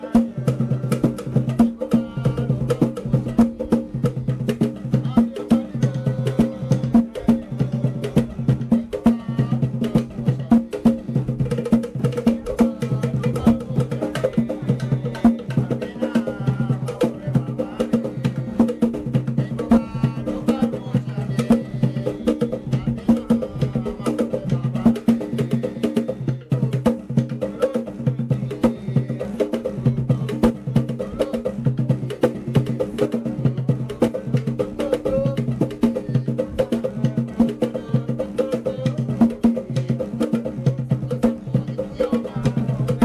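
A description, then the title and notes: Garifuna drumming plays steadily throughout, a dense, fast run of deep, resonant hand-drum strokes at an even, unbroken loudness from start to finish. Garifuna Drumming in Placencia, Belize.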